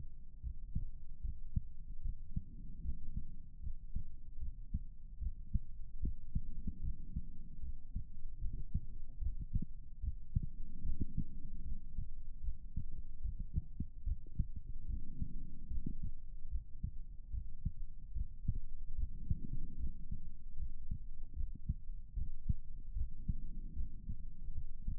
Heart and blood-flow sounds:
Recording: heart sounds by stethoscope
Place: pulmonary valve (PV)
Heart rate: 73 bpm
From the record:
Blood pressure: 105/72 mmHg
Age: 51 years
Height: 156 cm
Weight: 60 kg

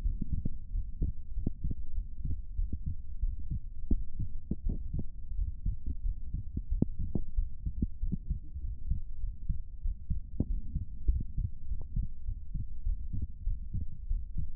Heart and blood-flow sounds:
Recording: heart sounds by stethoscope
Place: pulmonary valve (PV)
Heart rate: 91 bpm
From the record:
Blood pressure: 117/69 mmHg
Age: 28 years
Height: 165 cm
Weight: 57 kg

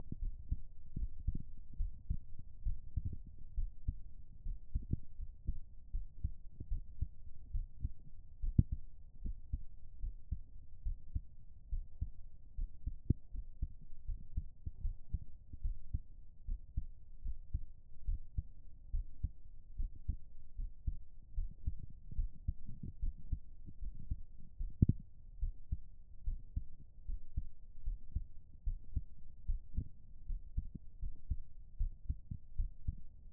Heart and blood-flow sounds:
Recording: heart sounds by stethoscope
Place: pulmonary valve (PV)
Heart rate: 75 bpm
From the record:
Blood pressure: 130/76 mmHg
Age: 27 years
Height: 165 cm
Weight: 55 kg

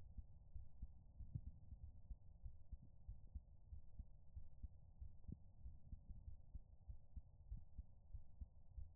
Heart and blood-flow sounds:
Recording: heart sounds by stethoscope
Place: pulmonary valve (PV)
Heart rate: 96 bpm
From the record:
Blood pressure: 118/78 mmHg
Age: 29 years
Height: 161 cm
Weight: 86 kg

